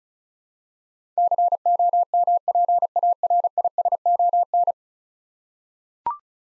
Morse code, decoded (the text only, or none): COMPARISON